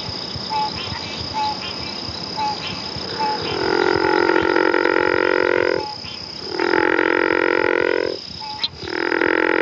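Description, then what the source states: True frogs: frog calls: short soft tonal pips about once a second, then long buzzy harmonic bouts of about two seconds, repeated with brief gaps, over a steady background hum. Frogs of the family Ranidae.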